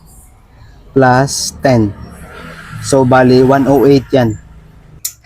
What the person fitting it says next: Pag narinig niyo yung click okay na yun.